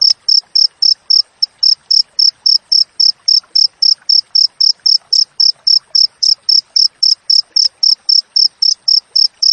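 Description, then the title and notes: Cricket repeating sharp, high chirps at a brisk, steady pace of nearly four per second. Natural cricket chirping with tightly spaced pauses, used as master audio for training songbirds and for repelling rats. "Masteran Jangkrik Alam Jernih, Jeda Rapat Cocok Untuk Masteran Burung Dan Mengusir Tikus. suara jangkrik"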